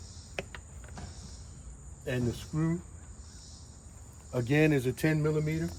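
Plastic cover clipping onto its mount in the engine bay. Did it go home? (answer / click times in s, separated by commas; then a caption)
yes / 0.4 s. After an A/C clutch adjustment on a 2014 Subaru Forester, a plastic engine-bay cover is put back on, and one end pops into place on its mount with a sharp click at 0.4 s. A second, softer tick follows at 0.5 s, then someone talks over a steady, high-pitched insect-like chirring.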